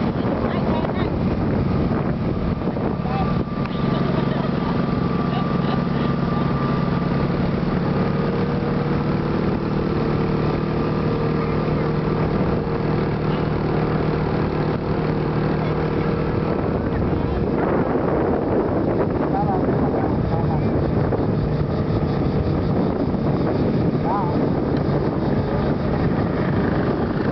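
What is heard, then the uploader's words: A motorbike rides along with a steady engine drone and low rumble, overlaid with constant wind rushing past the microphone. Around the seventeen-second mark the engine note shifts and roughens, as if changing speed, and faint voices come and go underneath. Motorbike ride around Monkey Mountain, Da Nang, Vietnam.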